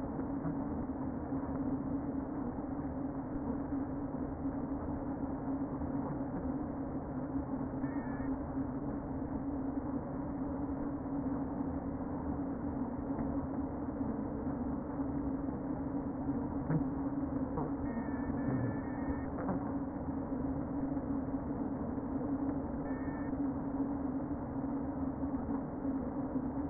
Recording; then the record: honeybee colony, microphone inside the hive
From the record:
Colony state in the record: queen present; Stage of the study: before two queens were removed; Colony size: about 60,000 bees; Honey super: yes